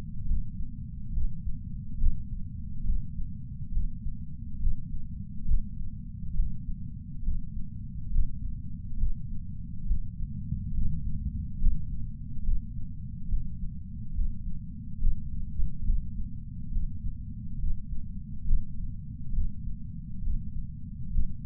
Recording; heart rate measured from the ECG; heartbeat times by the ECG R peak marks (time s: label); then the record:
heart sounds by patch sensor on the chest; 69 bpm
0.25 s: heartbeat
1.11 s: heartbeat
1.97 s: heartbeat
2.83 s: heartbeat
3.71 s: heartbeat
4.58 s: heartbeat
5.45 s: heartbeat
6.33 s: heartbeat
7.22 s: heartbeat
8.10 s: heartbeat
8.97 s: heartbeat
9.85 s: heartbeat
10.72 s: heartbeat
11.58 s: heartbeat
12.42 s: heartbeat
13.27 s: heartbeat
14.13 s: heartbeat
14.98 s: heartbeat
15.83 s: heartbeat
16.70 s: heartbeat
17.57 s: heartbeat
18.44 s: heartbeat
19.32 s: heartbeat
20.21 s: heartbeat
21.10 s: heartbeat
From the record:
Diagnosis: coronary artery disease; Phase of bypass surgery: preoperative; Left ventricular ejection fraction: 64.7%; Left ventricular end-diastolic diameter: 48 mm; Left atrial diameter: 35 mm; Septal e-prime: 7.2 cm/s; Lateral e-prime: 9.9 cm/s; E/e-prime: 8.2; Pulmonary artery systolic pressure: 27 mmHg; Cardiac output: 5.5 L/min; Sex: male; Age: 75 years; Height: 167 cm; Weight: 58 kg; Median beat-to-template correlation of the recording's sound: 0.83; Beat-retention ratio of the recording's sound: 0.99